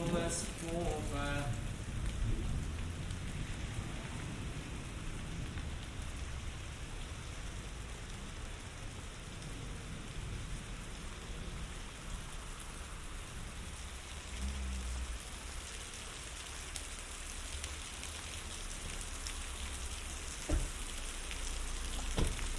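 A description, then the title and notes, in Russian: Steady rain hisses throughout with a low rumble of thunder underneath, a brief tonal sound at the start, and sharp clicks near twenty seconds. Саундскейп - погружение в атмосферу Горного Дагестана. Прогуляйся по высокогорному селу Гуниб. Послушай раскаты грома, шум дождя, звуки бегущей воды.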